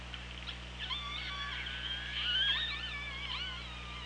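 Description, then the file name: Orca whistles and calls overlapping continuously, wavering and sweeping up and down, with a constant low hum beneath. Recorded on the OrcaLab hydrophone, 24 August 2017 at 17:02. "Orca Lab UTLN JASON 20170824 170240"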